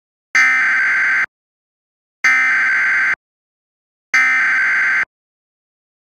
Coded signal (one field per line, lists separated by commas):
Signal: Emergency Alert System (SAME) tones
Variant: header bursts